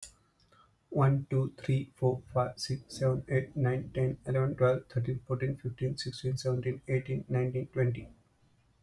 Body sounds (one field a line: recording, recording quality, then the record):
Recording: counting at a fast pace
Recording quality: excellent, no background noise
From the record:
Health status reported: healthy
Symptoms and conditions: none ticked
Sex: male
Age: 35 years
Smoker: not ticked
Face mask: not worn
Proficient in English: yes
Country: India